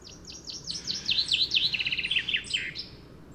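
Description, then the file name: Common chaffinch song: a quick run of high descending notes that speeds into a rattling trill and ends in a brief emphatic flourish, with a soft low background hum. "Fringilla coelebs"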